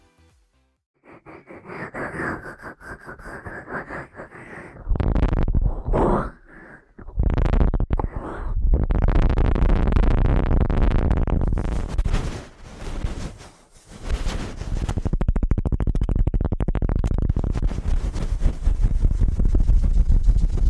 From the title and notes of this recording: ASMR Ear Cleaning at Helicopter Speed.